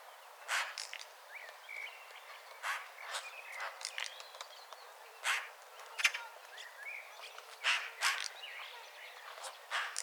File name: Pica pica